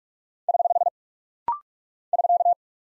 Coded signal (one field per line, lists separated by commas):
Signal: Morse code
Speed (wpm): 44 wpm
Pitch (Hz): 700 Hz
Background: none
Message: <HH> <SK>